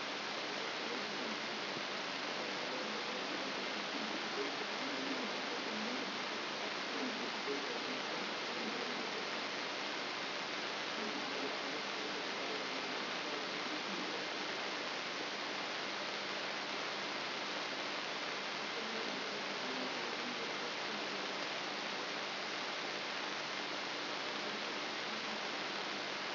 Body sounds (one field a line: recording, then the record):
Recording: brain microelectrode recording played as sound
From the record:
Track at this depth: outside the subthalamic nucleus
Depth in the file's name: 6.301 mm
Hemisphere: left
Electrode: 3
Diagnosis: Parkinson's disease